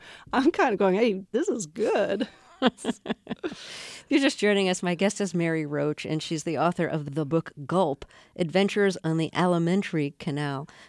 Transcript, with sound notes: I'm kind of going hey, this is good.
(LAUGHTER)
If you're just joining us, my guest is Mary Roach, and she's the author of the book "Gulp: Adventures on the Alimentary Canal."